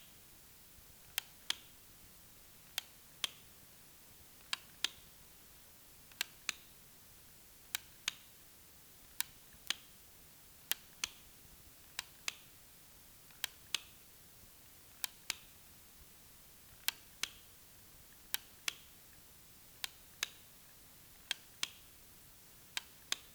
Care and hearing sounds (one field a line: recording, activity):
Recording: daily activity, guitar pickup as the sensor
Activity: operate light